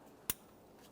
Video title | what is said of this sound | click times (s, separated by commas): How to Replace Engine Water Pump 2014-2019 Toyota Corolla | After an audible click, a light tug confirming it's secured. | 0.3 s